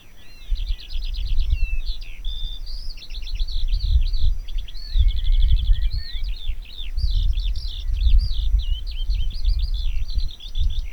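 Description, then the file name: Eurasian skylark song: a continuous, rapid, high warbling stream of trills and twittering phrases without pause, over gusty low wind rumble. "Alauda arvensis"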